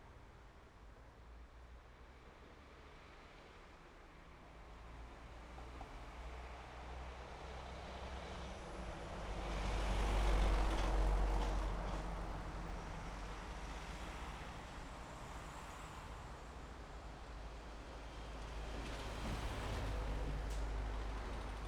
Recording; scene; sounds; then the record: everyday scene through a hearing-aid microphone; in traffic; traffic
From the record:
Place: main road on the outskirts, rush hour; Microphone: behind the ear, left, rear